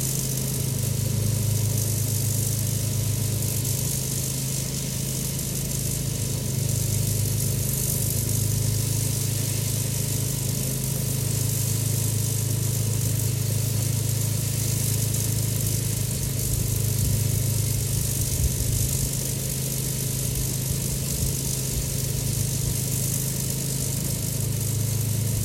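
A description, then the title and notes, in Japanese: A machine threshes bundles of straw, stripping off the grain. Its engine holds a steady low drone throughout, topped by a loud, dense rushing hiss that never lets up. The sound is unchanging from start to finish. 機械音あり 天日干し米たちの脱穀。地主さんに譲っていただいた年代モノの脱穀機頑張ってくれています。干していた藁束を機械でモミだけにする作業です。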